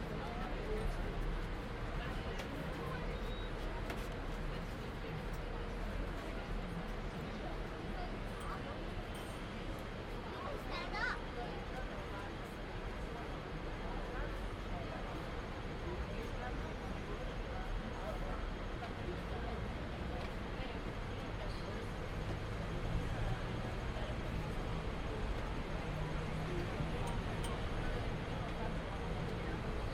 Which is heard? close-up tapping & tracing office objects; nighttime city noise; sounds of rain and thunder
nighttime city noise